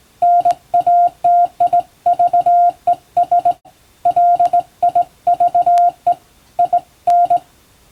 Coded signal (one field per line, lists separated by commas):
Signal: Morse code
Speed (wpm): 20 wpm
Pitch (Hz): 700 Hz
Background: none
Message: NATIVES LIVE IN